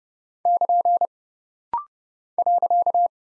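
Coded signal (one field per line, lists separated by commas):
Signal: Morse code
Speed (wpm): 30 wpm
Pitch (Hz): 700 Hz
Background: none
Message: <KN> .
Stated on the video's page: Rapid-fire 30 wpm practice drill of punctuation and prosign characters for head-copy, each sent, spoken, then sent again.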